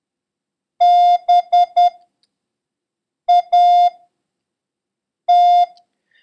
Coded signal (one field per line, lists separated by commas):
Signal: Morse code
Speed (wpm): 10 wpm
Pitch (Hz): 710 Hz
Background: none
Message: BAT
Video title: International Morse Code: Lesson 6